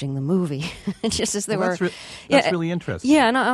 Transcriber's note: soundbite of laughter